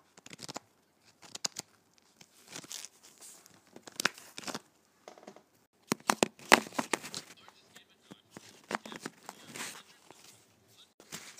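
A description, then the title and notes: Playing cards are handled in quick irregular bursts of sharp crisp flicks and papery rustles, with brief silences between clusters throughout. ASMR Playing Cards.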